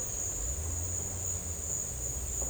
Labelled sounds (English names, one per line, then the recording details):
none
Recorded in dense forest near Puerto Asís, Putumayo, Colombia, on 16 December 2024 at 11:30
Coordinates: 0.468, -76.322
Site G071